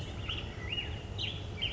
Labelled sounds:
Black-headed Grosbeak (Pheucticus melanocephalus)
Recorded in Sonoma County, California

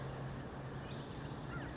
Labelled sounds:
California Towhee (Melozone crissalis)
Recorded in Sonoma County, California

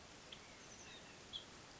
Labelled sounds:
House Finch (Haemorhous mexicanus)
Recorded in Sonoma County, California

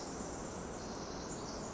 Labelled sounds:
Pacific Wren (Troglodytes pacificus)
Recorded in Sonoma County, California

